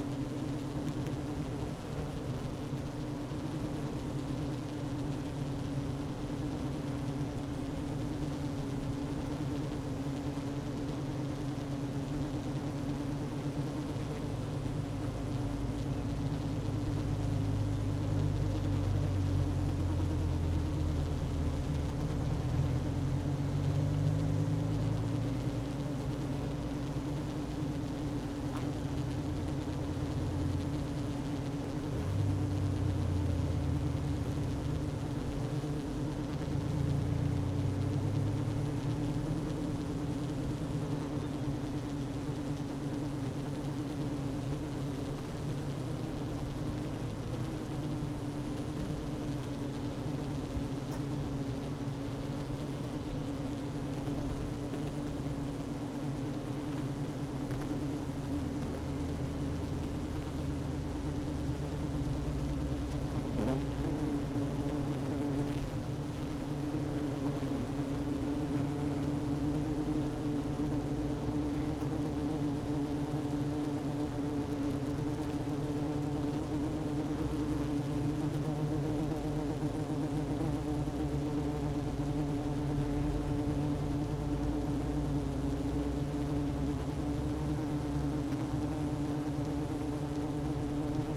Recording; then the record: honeybee colony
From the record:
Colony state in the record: active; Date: 12 June 2018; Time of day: 11:26